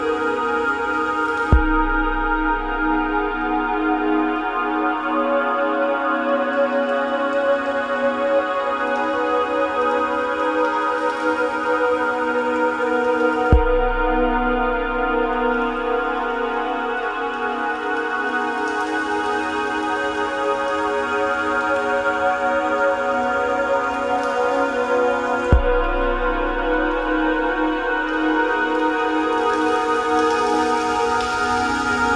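A dense, steady drone of layered sustained tones, with a sharp click and a deep low swell recurring roughly every twelve seconds.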